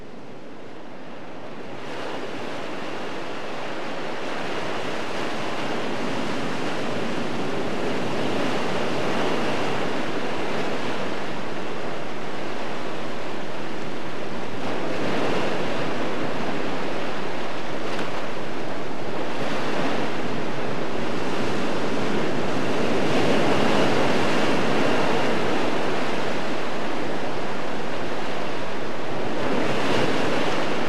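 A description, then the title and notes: Waves wash in steadily, a dense rushing sound that rises from near silence over the first couple of seconds and then holds, swelling and easing every few seconds. Faint wind noise sits underneath, and no other sounds intrude. It starts with the field recording of calming, repetitive wave sounds and slowly edits and manipulates it to create a dreamlike, unfamiliar soundscape.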